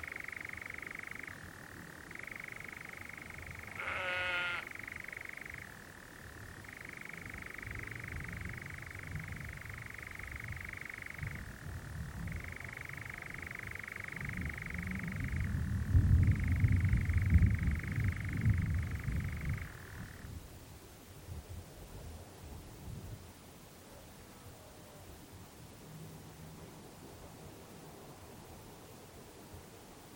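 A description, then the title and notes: A nightjar churrs in a steady, high trill that breaks briefly a few times, stops near twenty seconds, with low rumbling underneath. The mesmerising churring of a nightjar on a summer's night. In this episode, it's a warm June evening on a hill in the Brecon Beacons and the strange churring of a nocturnal bird called the nightjar rises above the heady scent of honeysuckle and foxgloves.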